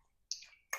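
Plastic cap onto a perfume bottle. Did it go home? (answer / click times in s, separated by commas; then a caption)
yes / 0.3 s. A plastic cap is pressed onto a glass Versace Eros Energy perfume bottle, over the atomizer, and it clicks into place with a sharp snap at 0.3 seconds. A second bright burst follows at 0.7 seconds, and the cap is seated.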